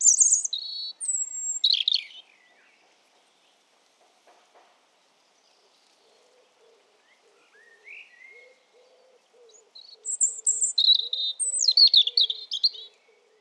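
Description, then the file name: European robin song: a high, shifting phrase of whistles and trills, a quiet gap with faint soft repeated low notes, then a longer rapid twittering phrase. "Erithacus rubecula"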